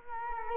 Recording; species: mosquito wingbeat signal from an infrared sensor; Culex quinquefasciatus